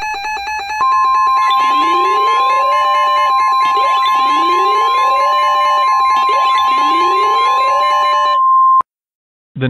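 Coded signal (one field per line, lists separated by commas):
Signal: Emergency Alert System (SAME) tones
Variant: 1050 Hz attention tone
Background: music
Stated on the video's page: Mock EAS severe thunderstorm warning, not a real alert.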